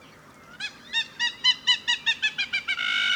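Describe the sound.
Hamerkop calling in a rapid, quickening series of nasal, harmonic yelping notes, ending in a sustained harsh noise.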